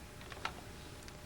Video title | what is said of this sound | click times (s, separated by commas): [HTV-007] Cuisinart - How to use your Food Processor | replace the pusher and press the sleeve into place until you hear it lock | 0.4 s